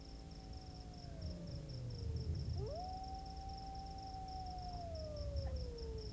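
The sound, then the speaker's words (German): Three wolves in a forest howl in long, sliding tones, one voice sinking low before another swoops up and holds a steady mournful note that slowly falls, while insects chirp in a fast, even pulse throughout. “Plötzlich sieht er sich drei Wölfen gegenüber, die er nicht ernst nimmt, natürlich.”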